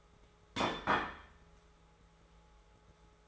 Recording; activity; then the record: daily activity, microphone in the room; place plate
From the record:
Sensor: 3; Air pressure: 1015.0 hPa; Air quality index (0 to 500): 208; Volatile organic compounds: 34 ppm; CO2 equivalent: 3039 ppm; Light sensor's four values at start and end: 34/85/36/39 and 34/84/36/39